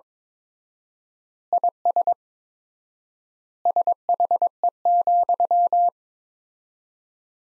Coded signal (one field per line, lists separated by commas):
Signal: Morse code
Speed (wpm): 22 wpm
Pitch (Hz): 700 Hz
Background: none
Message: IS SHE,